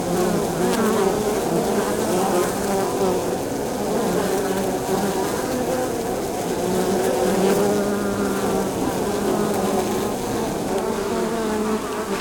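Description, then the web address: Honey bees buzzing in a dense, steady hum of many overlapping wingbeats. Beehive exterior at the landing zone, recorded very close in stereo. "Sound Holder - Beehive bees hive"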